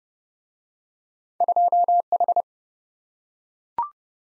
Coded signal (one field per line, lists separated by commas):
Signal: Morse code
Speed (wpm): 27 wpm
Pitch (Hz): 700 Hz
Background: none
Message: 2H